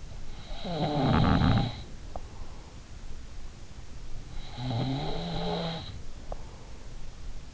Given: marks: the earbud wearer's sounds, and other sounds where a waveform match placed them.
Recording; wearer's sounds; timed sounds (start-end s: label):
sounds in sleep by an in-ear microphone; snoring breath
0.00-2.46 s: snoring breath
4.46-6.80 s: snoring breath